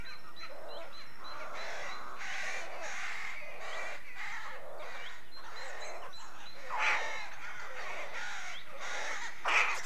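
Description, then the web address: Rooks cawing continuously from many birds at once, overlapping hoarse calls with a few sharper caws standing out near the end. Rookery colony. "The BBC Sound Effects Library - Complete 60 CDs Collection Sound Effects Library (British Birds) Rookery"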